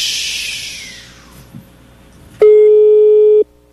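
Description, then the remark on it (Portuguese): A telephone ringback tone sounds once: a single loud, steady mid-pitched tone lasting about a second, following a fading hiss and near silence. No one speaks. “Pô, pelo toque é um bom telefone.”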